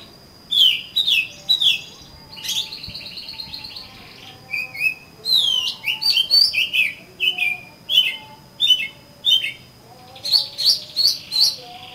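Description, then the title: Oriental magpie-robin pouring out a long sequence of sharp whistles, slurred notes and quick chirps, with a faint steady high tone throughout. "Kacer Kacer"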